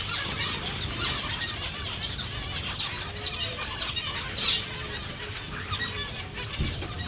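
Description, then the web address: Zebra finch flock calling, steady chatter of small nasal chirps overlapping, with one brighter louder call near the middle. Recorded at a zoo in Jászberény in 2015. "jaszberenyizoo 2015 professzionalis zebrapinty"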